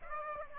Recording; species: mosquito wingbeat signal from an infrared sensor; Aedes aegypti